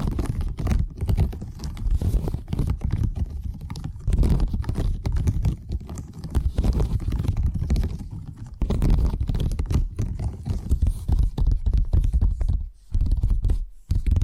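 Rapid, dense tapping triggers patter almost without pause, mostly low and thudding with some brighter clicks, briefly dropping out near twelve and fourteen seconds.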